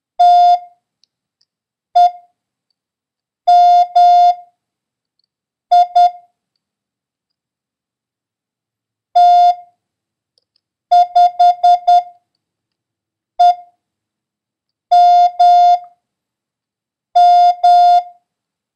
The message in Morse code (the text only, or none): TEMI T5EMM